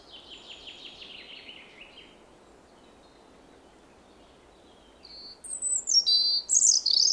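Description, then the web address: European robin song: a soft, faint descending trill, a pause, then a louder burst of high squeaky whistles and warbles near the end. "SETE Erithacus rubecula"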